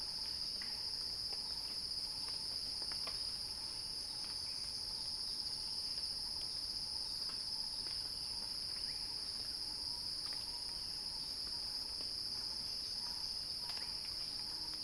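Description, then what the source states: Cicada drone in a continuous shrill wall of sound, a faint lower chirp repeating underneath with occasional clicks. Cicada song building in a crescendo, recorded by Axel Drioli.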